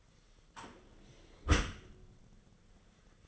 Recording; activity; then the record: daily activity, microphone in the room; close dishwasher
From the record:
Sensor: 4